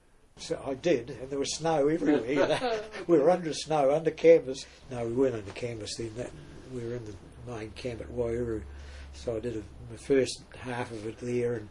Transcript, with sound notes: So I did, and there was snow everywhere. [Chuckle] We were under snow – under canvas… no. We weren’t under canvas then, we were in the main camp at Waiouru, so I did my first half of it there